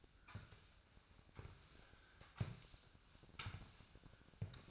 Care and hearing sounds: daily activity, microphone in the room; sweep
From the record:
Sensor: 2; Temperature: 24.9 degrees Celsius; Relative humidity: 39.7%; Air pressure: 1001.5 hPa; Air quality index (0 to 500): 227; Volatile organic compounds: 26 ppm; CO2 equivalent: 2852 ppm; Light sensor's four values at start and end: 8/26/10/9 and 4/12/5/5

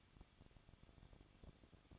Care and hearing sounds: daily activity, microphone in the room; no activity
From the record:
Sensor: 4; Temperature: 23.0 degrees Celsius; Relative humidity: 34.2%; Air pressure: 1007.2 hPa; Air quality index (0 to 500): 217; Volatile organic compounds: 16 ppm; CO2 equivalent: 2522 ppm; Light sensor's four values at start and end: 2/3/1/1 and 2/3/1/1

